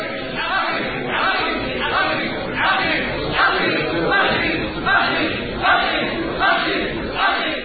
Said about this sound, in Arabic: الصيحة تتكرر كأنها نار تتأجج، وهمهمة تفيض من الجماهير وهي تتقدم بالقبضات المذمومة، وصيحات هي صيحات الجياع عند رؤية الخبز.